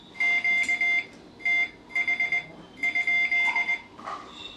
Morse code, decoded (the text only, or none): QTH?